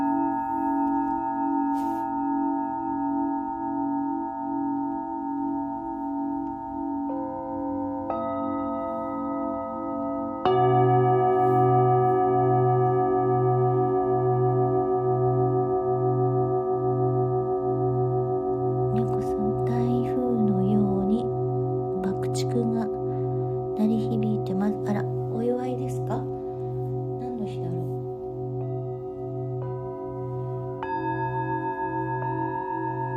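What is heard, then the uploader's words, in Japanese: Singing bowls ring in a long, sustained drone for sound healing, with steady tones and a slow, pulsing shimmer underneath. Around ten seconds a new bowl is struck and the sound swells louder; later the tones shift slightly while faint speech-like sounds flicker through the middle. メキシコから シンギングボウルのサウンドヒーリング ライブ。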